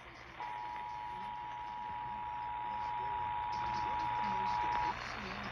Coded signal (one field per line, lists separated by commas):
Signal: Emergency Alert System (SAME) tones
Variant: 853 and 960 Hz attention tone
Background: speech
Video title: Sterling Shenanigans...EAS Alerts From May 26, 2021 (EAS #1153-1166)